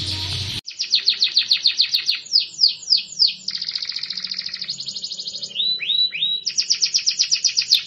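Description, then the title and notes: Canary singing after a brief burst of noise: fast trills, slurred whistles and repeated descending notes in changing phrases. Master canary song, described as solid (mantap). "Suara Burung Kenari Masteran. master suara burung kenari mantap"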